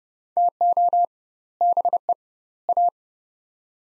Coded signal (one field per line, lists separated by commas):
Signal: Morse code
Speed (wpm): 30 wpm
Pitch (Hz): 700 Hz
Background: none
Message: TO BE A